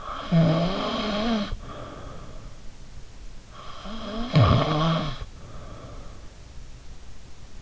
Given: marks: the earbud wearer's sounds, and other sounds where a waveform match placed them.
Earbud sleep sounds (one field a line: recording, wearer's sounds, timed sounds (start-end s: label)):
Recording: sounds in sleep by an in-ear microphone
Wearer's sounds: snoring breath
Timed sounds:
0.00-2.64 s: snoring breath
3.47-6.30 s: snoring breath